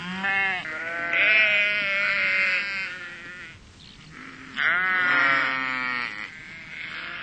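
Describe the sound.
Sheep bleating, two long, quavering, nasal bleats with a pause between them.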